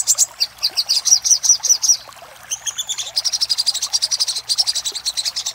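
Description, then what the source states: Little spiderhunter song: high, sharp notes in quick series, a brief pause, then a denser fast trill. For training cage birds.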